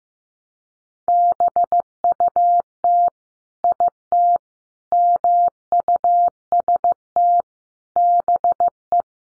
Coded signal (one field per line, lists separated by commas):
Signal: Morse code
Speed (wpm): 14 wpm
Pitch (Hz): 700 Hz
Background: none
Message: BUT IT MUST BE